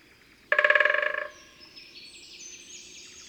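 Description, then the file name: Great spotted woodpecker drumming: one rapid roll of about a dozen strokes lasting under a second and fading toward the end, with soft high bird twittering afterward. Two birds answering each other; Saint-Laurent-les-Bains, Ardèche, France. "Deux-pics-epeiches-se-repondent-Saint-Laurent-les-Bains-Ambiances-Sonores-d Ardeche-Studio-Les-Trois-Becs"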